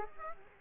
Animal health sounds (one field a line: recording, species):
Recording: mosquito wingbeat signal from an infrared sensor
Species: Aedes aegypti